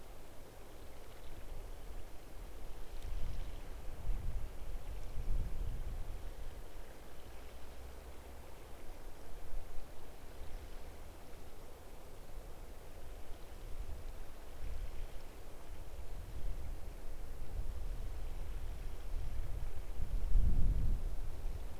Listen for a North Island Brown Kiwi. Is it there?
no